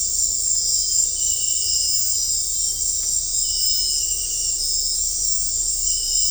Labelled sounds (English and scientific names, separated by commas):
none